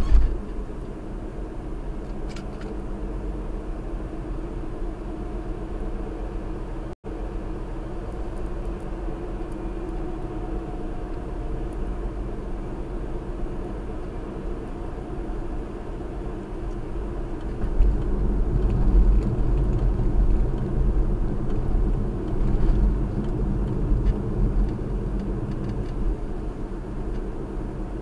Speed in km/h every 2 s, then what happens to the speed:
56, 56, 60, 63, 64, 64, 61, 63, 61, 60, 58, 56, 55, 56.
0-7 speeds up to 64. 7-23 slows to 55.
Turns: none.